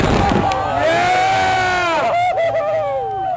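A cannon fires at the start at a memorial service on a farm in Woody Creek, shooting ashes into the sky. Then a crowd cheers and whoops over a steady roar of celebration, with sustained rising and falling whistle-like tones as if fireworks are going off.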